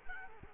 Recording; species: mosquito wingbeat signal from an infrared sensor; Culex quinquefasciatus